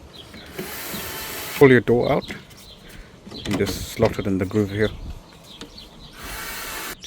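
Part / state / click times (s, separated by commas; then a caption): plastic door handle into the groove of a camper fridge door / seated / 5.6 s. A replacement plastic handle is slotted into the groove of a Dometic caravan fridge door and pushed until it clicks into place. Someone talks, and a sharp click is heard at 5.6 s as the handle seats, with a second brief sound right after.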